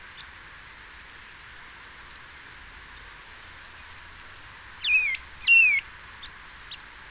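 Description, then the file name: Eurasian Nuthatch calls: two loud, slurred notes falling in pitch, each about half a second, among faint high chips and a few sharp ticks. "Sitta europaea"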